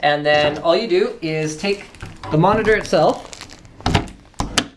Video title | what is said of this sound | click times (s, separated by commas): BenQ XL2410T 23.6" Widescreen 120HZ LED 3D Ready LCD | and drop it into the base. It snaps into place, but then to ensure it doesn't come out, | 4.4 s, 4.6 s